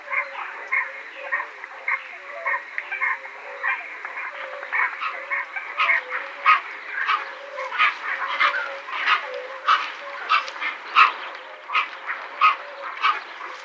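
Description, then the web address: Dalmatian pelican calls: harsh, barking grunts repeated irregularly, about one or two a second, over a steady wavering tonal hum throughout. "Schulze Peter Dalmatian Pelican"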